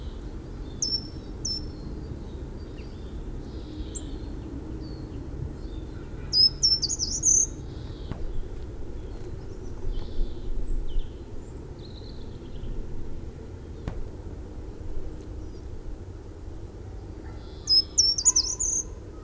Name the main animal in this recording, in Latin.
Certhia brachydactyla